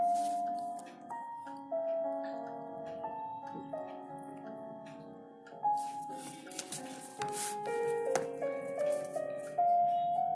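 Slow, moody instrumental music with held melodic notes that shift every second or so, over a soft low drone. A faint steady ticking of a clock runs underneath, and bursts of scratchy pencil strokes stand out around the sixth to eighth seconds.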